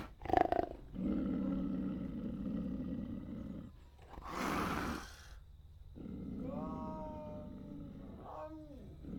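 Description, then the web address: Pig sounds: a sharp opening squeal, then low droning grunts, a harsh noisy burst, and a wavering squeal that bends up and down. "KMP Film Video Sound Effects - Piggs"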